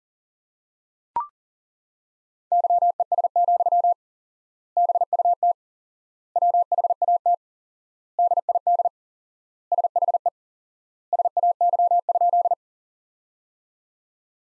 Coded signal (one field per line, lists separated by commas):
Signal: Morse code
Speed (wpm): 40 wpm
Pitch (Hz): 700 Hz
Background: none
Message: YES, BUT WHAT DID SHE SAY?